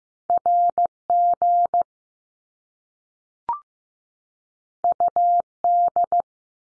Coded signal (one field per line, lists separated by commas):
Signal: Morse code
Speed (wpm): 15 wpm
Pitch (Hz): 700 Hz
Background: none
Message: R G U D